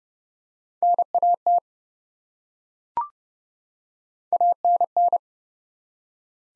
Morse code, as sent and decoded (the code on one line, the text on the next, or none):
-. .- - / .- -. -.
NAT ANN